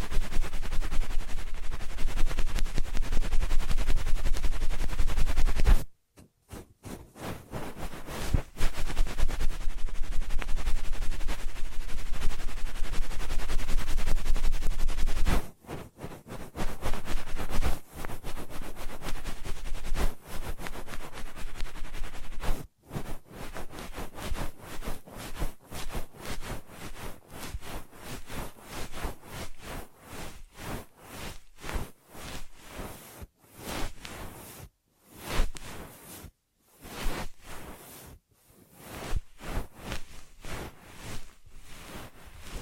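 Ear massage triggers: dense rubbing with a low rumble for six seconds, then stop-start brushing and scratching that grows choppier and crackly toward the end.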